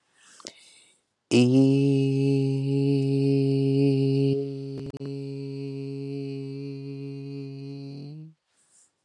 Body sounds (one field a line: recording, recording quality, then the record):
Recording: sustained vowel as in beet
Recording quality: excellent, no background noise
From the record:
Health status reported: healthy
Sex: male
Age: 27 years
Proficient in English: yes